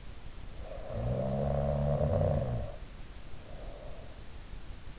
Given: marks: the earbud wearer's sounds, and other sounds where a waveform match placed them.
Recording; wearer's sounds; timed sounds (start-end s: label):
sounds in sleep by an in-ear microphone; snoring breath
0.59-4.31 s: snoring breath